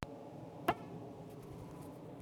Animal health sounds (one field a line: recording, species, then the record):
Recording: mosquito flight sound by mobile phone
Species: Aedes sierrensis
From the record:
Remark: free flight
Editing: field recording with all noises